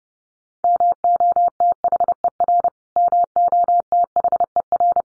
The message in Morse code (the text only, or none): MOTHER MOTHER